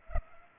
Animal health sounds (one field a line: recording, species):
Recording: mosquito wingbeat signal from an infrared sensor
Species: Culex pipiens